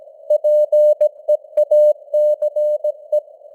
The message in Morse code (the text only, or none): PEACE